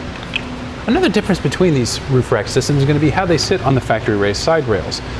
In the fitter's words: as you tighten this down, it'll give 2 or 3 audible clicks, so you know you're not going to over-tighten it as well.